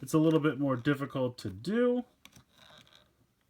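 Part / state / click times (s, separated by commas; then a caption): plastic cockpit shell opening around the figure ball / released / 2.2 s. Someone talks while opening the plastic cockpit shell of an Uchu Sentai Kyuranger DX Kyutama Cockpit Set 01 toy, with the figure ball seated inside, which makes it harder to open. After the talking, a sharp plastic click at 2.3 seconds is followed by a few fainter clicks, and the cockpit lid is confirmed open.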